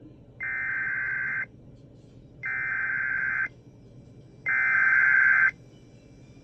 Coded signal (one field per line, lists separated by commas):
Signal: Emergency Alert System (SAME) tones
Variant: header bursts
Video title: Blizzard Warning [EAS #566]